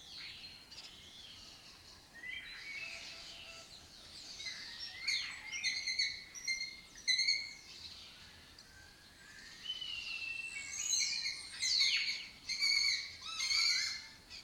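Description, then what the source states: Lesser kestrels in chorus, many rasping and clipped chattering calls piling up, growing busier toward the end, with thin high streaks above. Colony of migratory raptors that took over an abandoned building in Doñana; breeds in southern Europe and spends its foraging time in West Africa.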